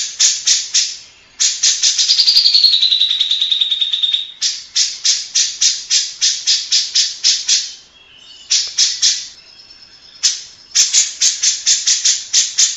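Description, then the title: Grey-cheeked bulbul song: loud, fast chattering phrases, one long series falling in pitch, with quieter gaps between the bursts. Long-duration master song used for training songbirds. "Cucak Jenggot Masteran Durasi Panjang"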